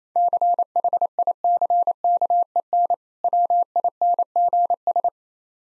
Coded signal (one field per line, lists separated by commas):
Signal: Morse code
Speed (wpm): 28 wpm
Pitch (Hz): 700 Hz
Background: none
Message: CHICKEN WINGS